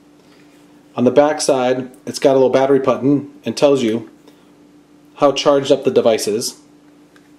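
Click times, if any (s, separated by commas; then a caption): 7.2 s. Someone talks about the back of a battery case, then the two halves of the plastic battery case are pulled apart. The top section of the case separates from the case body with a short, solid click at 7.2 s.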